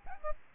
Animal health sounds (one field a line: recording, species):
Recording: mosquito wingbeat signal from an infrared sensor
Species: Aedes albopictus